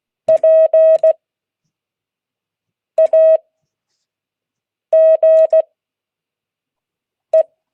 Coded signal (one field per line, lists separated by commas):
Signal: Morse code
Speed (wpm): 16 wpm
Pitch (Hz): 640 Hz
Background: none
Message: PAGE